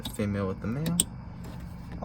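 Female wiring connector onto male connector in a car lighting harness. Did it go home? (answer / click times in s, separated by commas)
yes / 2.0 s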